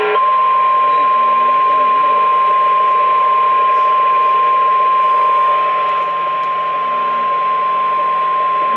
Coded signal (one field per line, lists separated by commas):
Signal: Emergency Alert System (SAME) tones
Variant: 1050 Hz attention tone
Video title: THERE IS A ENHANCED RISK... EAS Alerts from 12/13/22 (EAS#60 & #61)